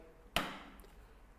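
The ventilation bar of a Velux top-hung roof window is closed so its crescent-shaped hook catches the T-bar of the vent bridge. A sharp, bright click sounds at 0.4 s and fades out over a fraction of a second, followed by a faint tick at 0.8 s. The lock is fully engaged.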